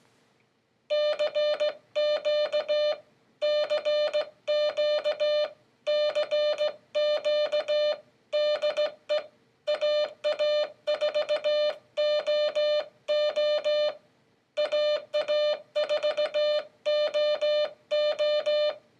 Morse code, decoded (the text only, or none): CQ CQ CQ DE AA4OO AA4OO